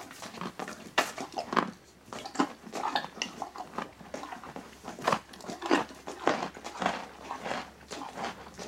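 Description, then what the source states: Horse chewing, a steady run of crunchy, irregular munching noises. Eating.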